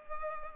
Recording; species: mosquito wingbeat signal from an infrared sensor; Culex pipiens